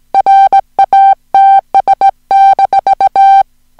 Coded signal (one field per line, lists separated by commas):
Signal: Morse code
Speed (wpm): 17 wpm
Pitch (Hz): 780 Hz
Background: music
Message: RATS-